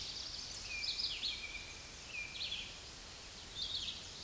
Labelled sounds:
Red-eyed Vireo song
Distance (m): 30 m
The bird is about 20 m above the microphone
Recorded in a Pennsylvania forest on 16 May 2024 at 06:38
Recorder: AudioMoth, point MSD-0398
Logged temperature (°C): 16.4 °C
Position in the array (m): 165 m, 72 m

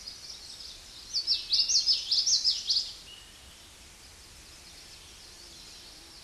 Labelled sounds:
Common Yellowthroat song
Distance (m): 15 m
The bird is about 5 m above the microphone
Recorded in a Pennsylvania forest on 16 May 2024 at 08:30
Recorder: AudioMoth, point MSD-2061
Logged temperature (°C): 16.1 °C
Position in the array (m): 236 m, 177 m

